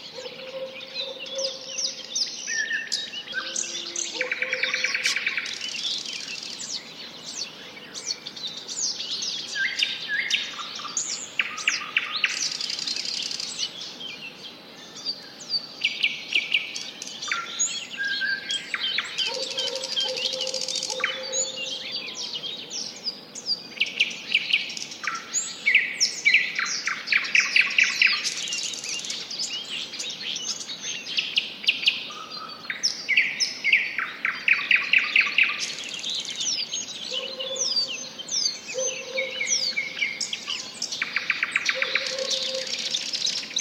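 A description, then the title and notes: Birdsong at dawn, a dense, overlapping chorus of many birds chirping and trilling without pause for the whole stretch. The calls are bright and high, with brief lower whistled notes recurring every few seconds over a faint steady hush. Birdsong at dawn recorded by Martin Clarke in Wszerzecz, Poland.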